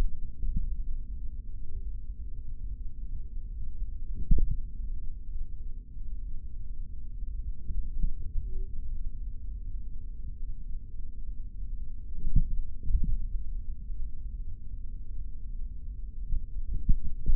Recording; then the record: forearm muscle sounds (acoustic myography)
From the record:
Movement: finger pinch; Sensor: system 3, bracelet of six PUI Audio POM-2738L microphones around the upper forearm, with dedicated amplification and filtering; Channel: 3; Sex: male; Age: 26 years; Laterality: right